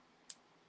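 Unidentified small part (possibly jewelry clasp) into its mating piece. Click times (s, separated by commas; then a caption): 0.3 s. An unidentified small part, possibly a jewelry clasp or fitting, is pushed into its mating piece. A single sharp, bright click at 0.3 s stands out against faint background noise. The part seats.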